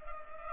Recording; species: mosquito wingbeat signal from an infrared sensor; Culex pipiens